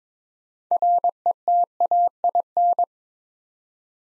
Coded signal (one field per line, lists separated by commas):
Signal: Morse code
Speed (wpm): 22 wpm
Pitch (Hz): 700 Hz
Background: none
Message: RETAIN